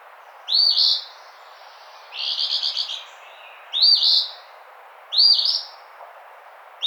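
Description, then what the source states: Eastern phoebe song: raspy two-part phrases repeated about every one and a half seconds, with one longer stuttering, buzzy phrase between them. Recorded on 16 June 2009.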